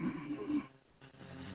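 A single low, rough, rattling snore lasts about half a second, then fades into quiet room noise with a fainter second breath. It is ordinary snoring from an adult dozing in a radio studio.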